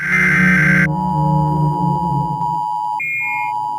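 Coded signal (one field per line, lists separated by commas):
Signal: Emergency Alert System (SAME) tones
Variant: 853 and 960 Hz attention tone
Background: music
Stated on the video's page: Fictional EAS scenario, a simulated alert rather than a real broadcast.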